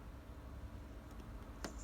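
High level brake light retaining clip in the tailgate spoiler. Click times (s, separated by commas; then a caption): 1.6 s. A plastic tool is eased under the rubber gasket to depress the plastic retaining clip holding the high level centre brake light unit in the tailgate spoiler of a Land Rover Freelander 2 (FL2), a fiddly job. After a low, steady background with faint rustling, a single sharp click sounds at 1.6 seconds as the clip lets go. The clip is released and the unit pulls free.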